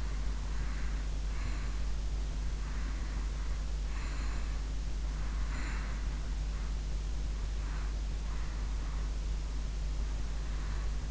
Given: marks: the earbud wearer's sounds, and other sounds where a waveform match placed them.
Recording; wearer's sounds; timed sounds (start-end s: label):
sounds in sleep by an in-ear microphone; breath
0.00-1.91 s: breath
2.65-4.59 s: breath
5.11-6.85 s: breath
7.43-11.11 s: breath